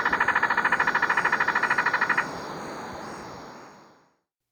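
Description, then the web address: Dusky Spinetail call: a quick, regular buzzy chatter for about two seconds, then quiet background hiss fading away. Recorded in Ecuador. "Birds of Ecuador. Dusky Spinetail"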